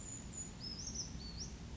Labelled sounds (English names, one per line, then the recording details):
Brown Creeper
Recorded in Sonoma County, California